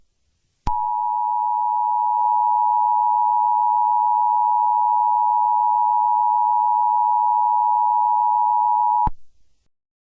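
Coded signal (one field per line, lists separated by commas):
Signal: Emergency Alert System (SAME) tones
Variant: 853 and 960 Hz attention tone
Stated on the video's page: Fictional Emergency Alert System scenario, not a real alert.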